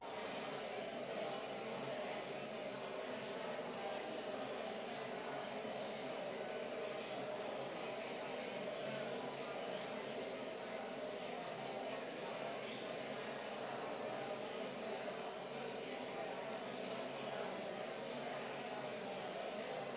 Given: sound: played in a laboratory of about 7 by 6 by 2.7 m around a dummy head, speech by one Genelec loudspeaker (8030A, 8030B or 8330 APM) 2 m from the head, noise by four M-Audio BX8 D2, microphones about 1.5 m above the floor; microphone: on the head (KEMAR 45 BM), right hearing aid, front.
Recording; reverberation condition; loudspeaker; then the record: babble noise; high; four, about 170 cm from the corners of the room and facing them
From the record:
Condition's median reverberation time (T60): about 1300 ms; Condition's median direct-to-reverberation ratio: about -4.0 dB